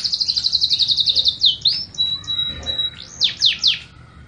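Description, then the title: Yorkshire canary song: a fast run of high repeated notes, then a long steady whistle and a few sweeping notes. Long, vigorous song. "Suara Burung Kenari Yorkshire Gacor Kicau Panjang"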